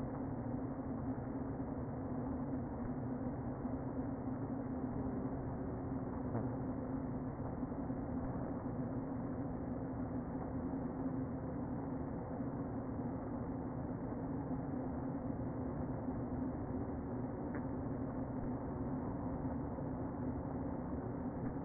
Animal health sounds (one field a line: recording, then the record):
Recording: honeybee colony, microphone inside the hive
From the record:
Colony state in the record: queen present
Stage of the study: before two queens were removed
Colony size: about 60,000 bees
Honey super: yes